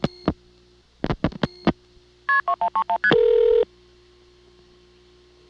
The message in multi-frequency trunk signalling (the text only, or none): KP2131ST